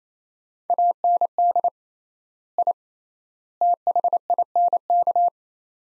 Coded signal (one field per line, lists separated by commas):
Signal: Morse code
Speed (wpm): 28 wpm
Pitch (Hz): 700 Hz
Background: none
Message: AND I THINK